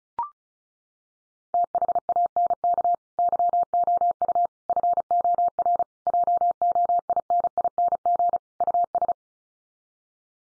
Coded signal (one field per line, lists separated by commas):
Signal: Morse code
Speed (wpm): 34 wpm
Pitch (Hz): 700 Hz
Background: none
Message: THANK YOU FOR JOINING US